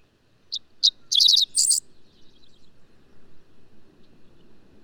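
Bird song: a short burst of high, sharp chirping notes that quickens into a dense twittering flourish, then stops, leaving a soft low background rumble.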